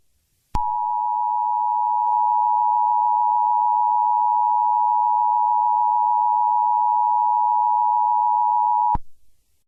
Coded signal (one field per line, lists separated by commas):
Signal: Emergency Alert System (SAME) tones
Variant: 853 and 960 Hz attention tone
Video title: MY FIRST EVER EMERGENCY ALERT SYSTEM SCENARIO! (NUCLEAR ATTACK)